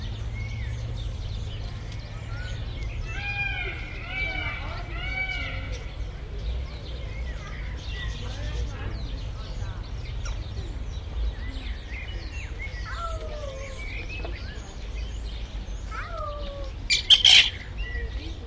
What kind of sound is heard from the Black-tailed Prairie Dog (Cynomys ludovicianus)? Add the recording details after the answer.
call. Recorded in captivity. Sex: group. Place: Tierpark Berlin, Berlin, DE. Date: 1978-04-10 11:30. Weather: sunny, 14°C. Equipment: Uher 4200 Report Stereo, Sennheiser MD 421 HL, Verstärker. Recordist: Tembrock, Günter. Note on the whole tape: Gruppe: Mehrsilbiger Laut (bei schnellem kurzen Körperaufrichten) und Laute im agonistischen Kontakt. Abstand: 2 m